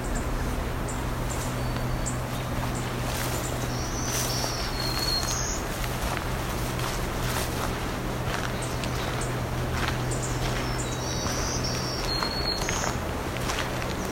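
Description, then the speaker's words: Green warbler calls: sharp, very high chips and short buzzy twitters in scattered bursts, mixed with crunching footsteps and a low constant hum. Two green warblers heard fighting, not seen. "Sounds like we have two green warblers fighting now."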